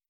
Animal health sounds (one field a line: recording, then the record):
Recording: hydrophone in a shrimp aquaculture tank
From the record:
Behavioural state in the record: stressed